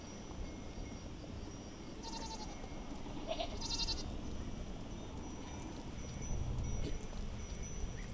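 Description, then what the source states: Goat bleating in a few brief quavering calls close together, with continuous low background rumble throughout. Goats herded by a shepherd along the Douro River at a river beach in Pocinho, Portugal; part of a Douro River sound map.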